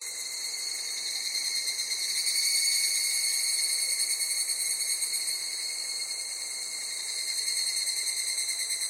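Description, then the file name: Cicada chorus: a steady, piercing high-pitched drone with rapid pulsing, holding fairly even throughout with slight rises and dips. Chorus of Japanese cicadas in summer at Takao, Japan. "INSECT TAKAO JAPANESE CICADAS SUMMER"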